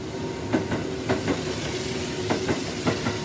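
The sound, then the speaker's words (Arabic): A train rolls along the rails with a steady low rumble, punctuated by paired clickety-clack knocks from the wheels passing over track joints. No one speaks. “ركب القطر وقعد يمسح العرق اللي على وشه”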